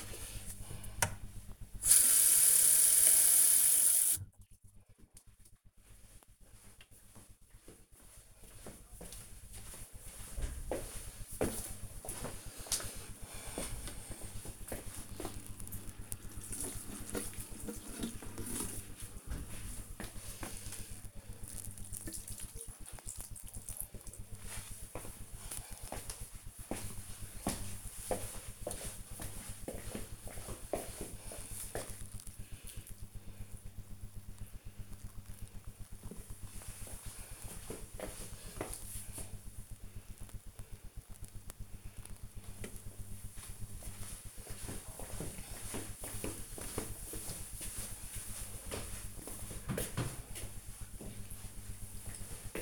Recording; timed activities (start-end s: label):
household activities, microphone on the right wrist
5.16-42.31 s: watering plant